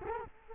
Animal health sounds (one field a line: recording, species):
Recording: mosquito wingbeat signal from an infrared sensor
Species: Culex quinquefasciatus